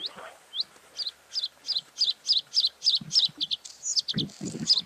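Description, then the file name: Bluethroat song of rapid, buzzy, high doubled notes repeated at an even pace, with low knocking sounds near the end. "gorge bleue"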